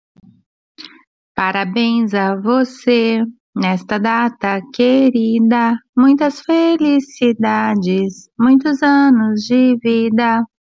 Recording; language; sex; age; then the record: short text; Brazilian Portuguese; female; 40 to 49 years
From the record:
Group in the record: control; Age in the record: 48 years